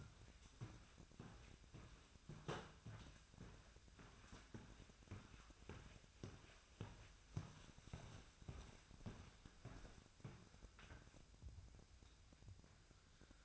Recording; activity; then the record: daily activity, microphone in the room; walk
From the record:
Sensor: 2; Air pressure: 1001.5 hPa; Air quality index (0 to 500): 228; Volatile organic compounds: 26 ppm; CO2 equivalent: 2860 ppm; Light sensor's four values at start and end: 8/27/10/10 and 8/28/11/10